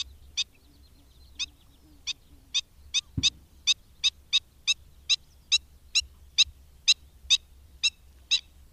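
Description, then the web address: Black-winged stilt calling with sharp kek notes, sparse at first, then settling into a steady series about two per second; one dull knock midway. "Madardalok Cd 3. Gólyatöcs"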